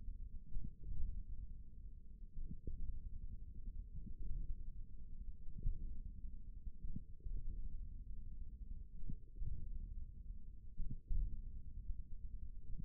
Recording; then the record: forearm muscle sounds (acoustic myography)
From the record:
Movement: hook grip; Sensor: system 1, eight BSWA MPA416 microphones around the upper forearm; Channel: 1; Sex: male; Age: 41 years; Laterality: right